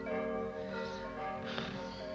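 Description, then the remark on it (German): Church bells ring on steadily, their layered, humming tones overlapping in a continuous wash with no pause and no voices. “Mit dem Glockengebammel sollten Sie endlich aufhören.”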